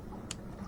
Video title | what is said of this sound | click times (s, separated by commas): How to Assemble a Tucktec Kayak - Step-by-Step Guide for Beginners | Insert into the notch, bring it over, and lock into place. | 0.3 s